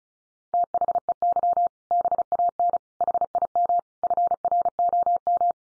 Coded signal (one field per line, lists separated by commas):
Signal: Morse code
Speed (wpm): 34 wpm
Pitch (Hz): 700 Hz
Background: none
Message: THEY BAN HIM FROM